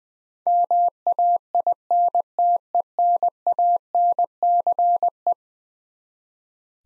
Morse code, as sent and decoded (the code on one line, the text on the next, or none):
-- .- .. -. - . -. .- -. -.-. .
MAINTENANCE